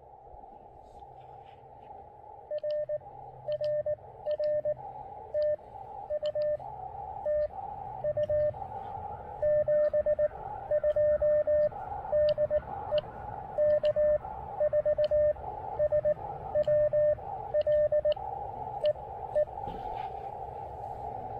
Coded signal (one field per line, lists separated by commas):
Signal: Morse code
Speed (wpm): 18 wpm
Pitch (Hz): 590 Hz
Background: radio noise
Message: R RR TU TU 72 DE K4SWL EE